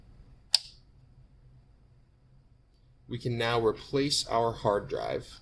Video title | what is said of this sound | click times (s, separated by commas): CMOS Removal and Installation | and then we push it down until it clicks | 0.6 s